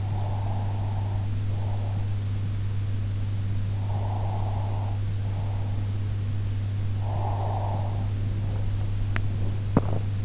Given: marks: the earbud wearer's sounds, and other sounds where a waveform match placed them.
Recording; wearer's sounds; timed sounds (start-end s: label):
sounds in sleep by an in-ear microphone; breath, teeth grinding
0.00-2.11 s: breath
3.82-5.85 s: breath
7.02-8.74 s: breath
9.02-10.25 s: teeth grinding